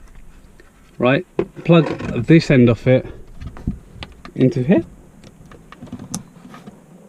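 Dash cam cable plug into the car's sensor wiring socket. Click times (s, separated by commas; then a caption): 6.1 s. A FiTCAMX dash cam's wiring plug is pushed into the mating socket in the mirror/range-sensor housing of an Audi A3 while someone talks, with small handling taps and ticks along the way. A sharp, bright click at 6.1 s marks the connector latching in, and it is seated.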